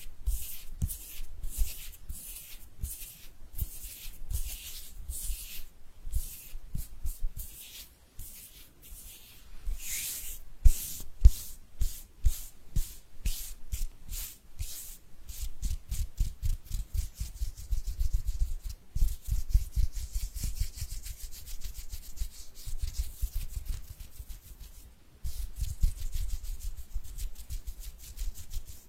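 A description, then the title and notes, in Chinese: Hands rub together in quick back-and-forth strokes, a dry hissing swish that speeds into a denser, faster patter after about fifteen seconds. 搓手手。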